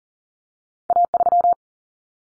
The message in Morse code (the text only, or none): A3